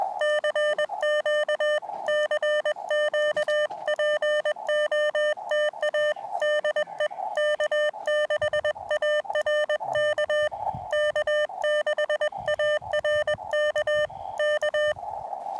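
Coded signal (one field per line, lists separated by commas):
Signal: Morse code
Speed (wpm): 20 wpm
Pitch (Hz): 600 Hz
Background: none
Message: CQ CQPOTA DE K6ARK K6ARK K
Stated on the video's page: Heard during a first park activation on a backpacking trip to an Eastern Sierra lake.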